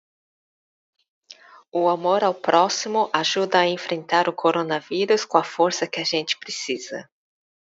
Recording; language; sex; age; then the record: spoken sentence; Brazilian Portuguese; female; 40 to 49 years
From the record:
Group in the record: control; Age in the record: 48 years